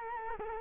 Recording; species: mosquito wingbeat signal from an infrared sensor; Culex quinquefasciatus